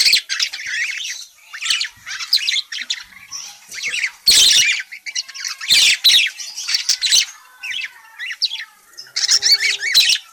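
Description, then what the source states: Parakeet chatter, a busy stream of scratchy warbles and squeaky chirps, broken by occasional sharp loud bursts. Parakeet described as gacor (very vocal, chatty), calling.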